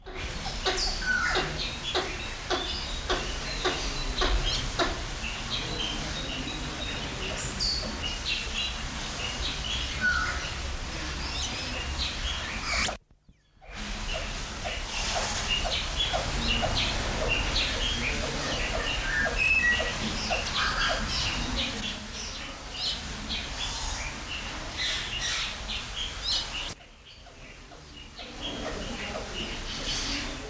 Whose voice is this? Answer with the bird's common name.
Allen's Gallinule